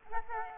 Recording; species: mosquito wingbeat signal from an infrared sensor; Aedes aegypti